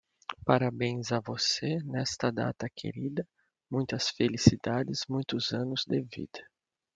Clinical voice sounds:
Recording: short text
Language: Brazilian Portuguese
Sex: male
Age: 40 to 49 years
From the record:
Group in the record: control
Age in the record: 49 years

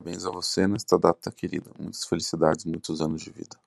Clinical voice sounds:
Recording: short text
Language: Brazilian Portuguese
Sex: male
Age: 30 to 39 years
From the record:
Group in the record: control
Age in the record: 33 years

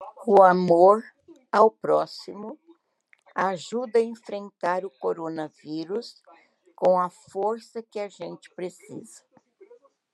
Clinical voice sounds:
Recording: spoken sentence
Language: Brazilian Portuguese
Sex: female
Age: 70 to 79 years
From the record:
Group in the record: control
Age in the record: 71 years

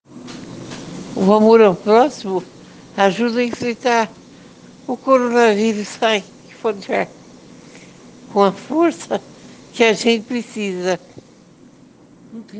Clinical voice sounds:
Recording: spoken sentence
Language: Brazilian Portuguese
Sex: female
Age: 60 to 69 years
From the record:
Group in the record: respiratory insufficiency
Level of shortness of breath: 5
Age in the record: 64 years

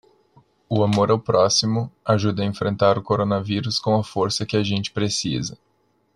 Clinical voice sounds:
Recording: spoken sentence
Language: Brazilian Portuguese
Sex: male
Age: 20 to 29 years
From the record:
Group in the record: control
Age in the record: 26 years

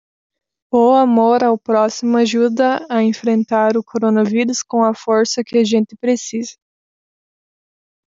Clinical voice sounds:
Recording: spoken sentence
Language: Brazilian Portuguese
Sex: female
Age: 20 to 29 years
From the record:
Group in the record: control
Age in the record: 22 years

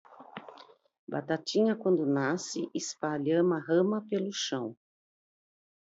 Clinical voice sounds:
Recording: short text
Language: Brazilian Portuguese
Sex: female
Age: 50 to 59 years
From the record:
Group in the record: control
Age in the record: 53 years

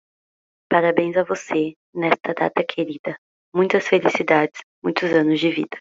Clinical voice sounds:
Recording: short text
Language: Brazilian Portuguese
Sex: female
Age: 20 to 29 years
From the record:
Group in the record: control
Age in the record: 23 years

